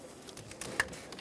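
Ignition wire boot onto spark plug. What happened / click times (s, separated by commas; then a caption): The push-on boot snapped into place / 0.8 s. An ignition wire boot is pushed onto a spark plug on a 2014–2018 Chevrolet Silverado 1500 5.3L V8, with a few faint ticks and rustles before a sharp, bright click at 0.8 s. The boot is seated and will not come off when pulled.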